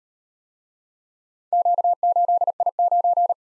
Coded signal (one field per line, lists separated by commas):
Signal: Morse code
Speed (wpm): 38 wpm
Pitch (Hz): 700 Hz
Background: none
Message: Q8I9